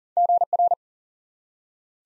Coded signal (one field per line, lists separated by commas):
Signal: Morse code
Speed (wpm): 40 wpm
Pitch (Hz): 700 Hz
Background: none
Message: GR